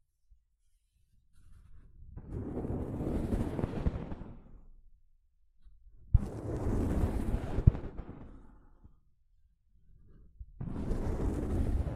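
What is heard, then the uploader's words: Soft fabric brushes across a microphone in three long swells of dense, rumbling rustle, each fading in and out, with near silence between them. The strokes are heavy in the low end with a scratchy top, and a couple of sharp clicks land in the second pass. ASMR Mic Brushing using Soft Fabric (No Talking).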